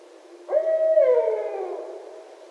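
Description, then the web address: Barred owl hoot, a hollow note held briefly then sliding downward before fading. 1 December 2011. "Barred Owl 2011 12 01"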